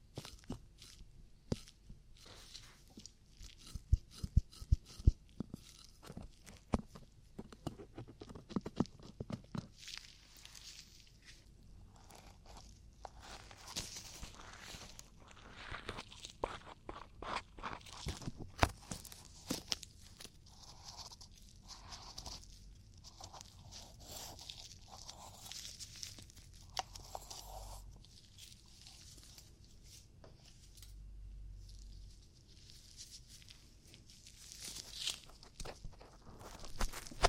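Ear cleaning sounds made of dense crackling, scratching and crunchy taps, busiest in the first twenty seconds with sharp bursts near 5 and 18 seconds. Afterward the scraping turns softer and sparser, with muffled rubbing and a low thump around 32 seconds.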